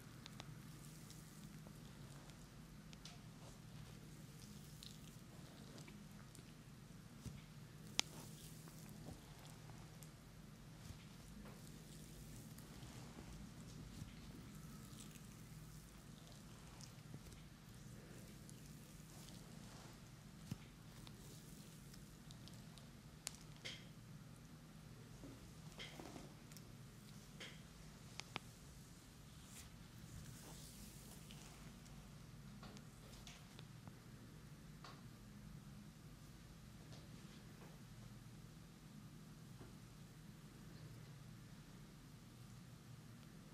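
A head, neck, back and facial massage, heard as soft rubbing and patting over a steady low hum. Small taps and crackles scatter throughout like light rain, with a few sharper clicks standing out around 8, 23 and 28 seconds.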